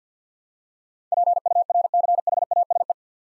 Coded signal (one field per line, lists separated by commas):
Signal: Morse code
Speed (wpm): 53 wpm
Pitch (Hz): 700 Hz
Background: none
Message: PURCHASE